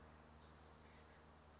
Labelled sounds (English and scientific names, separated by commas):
California Towhee (Melozone crissalis)